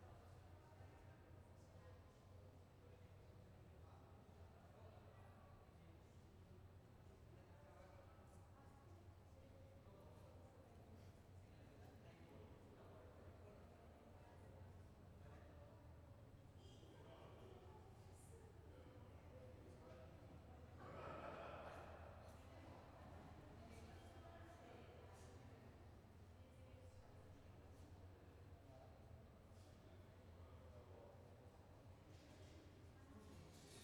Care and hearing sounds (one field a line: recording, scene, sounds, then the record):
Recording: everyday scene through a hearing-aid microphone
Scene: reverberant space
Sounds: background noise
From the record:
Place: railway station hall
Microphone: behind the ear, left, rear